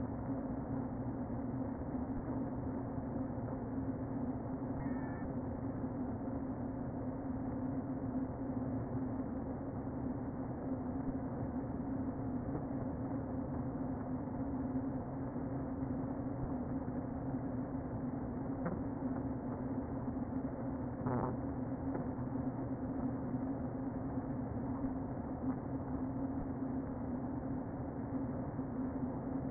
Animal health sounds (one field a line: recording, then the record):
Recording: honeybee colony, microphone inside the hive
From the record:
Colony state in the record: queen present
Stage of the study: before two queens were removed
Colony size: about 60,000 bees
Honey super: yes